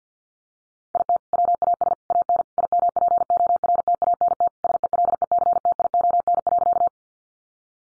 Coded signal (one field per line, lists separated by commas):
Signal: Morse code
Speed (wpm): 50 wpm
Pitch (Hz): 700 Hz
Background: none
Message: IT WAS AN IMPORTANT SELECTION.